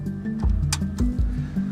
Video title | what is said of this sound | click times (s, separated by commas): Optimizing Your Paramobile Golf Cart | Generally it gives a click. | 0.7 s